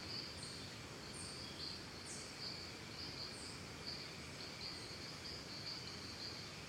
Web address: Big Room Sound Birds Crickets Costa Rica Calm